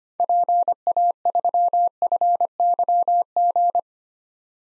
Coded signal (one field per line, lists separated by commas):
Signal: Morse code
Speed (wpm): 25 wpm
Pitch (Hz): 700 Hz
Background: none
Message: PA3FYG